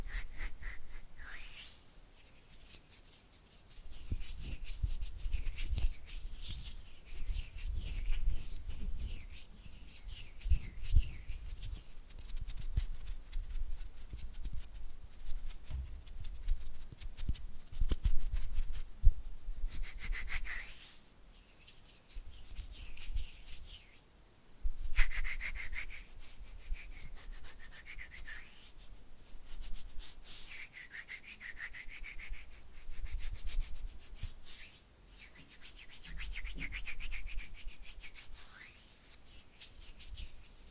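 Oily hands rubbing and fingers fluttering make a dense, slick rustle of wet friction that swells and fades in uneven bursts. A low thumping rumble sits under the louder passages, and short gaps near 4, 25 and 34 seconds fall almost silent.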